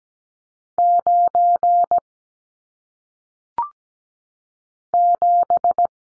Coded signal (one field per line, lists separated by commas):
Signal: Morse code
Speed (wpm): 17 wpm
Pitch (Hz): 700 Hz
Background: none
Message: 9 7